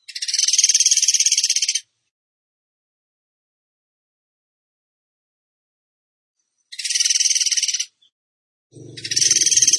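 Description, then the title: Bird delivering three bursts of rapid pulsed trilling separated by silent gaps, the last cut off at the end; a low rumbling noise accompanies the final burst. Masteran (training recording) in tembakan gacor style. "Masteran Burung Tembakan Gacor"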